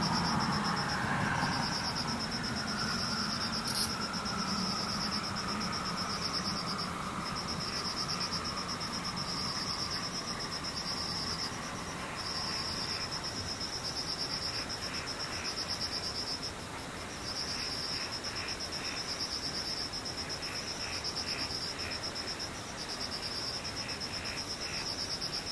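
Insects trill steadily throughout, a high, bright chirring band pulsing in long bursts with brief gaps. Early on a low engine-like drone rises and fades away over the first eight seconds, and a soft rhythmic ticking pattern appears in the latter half.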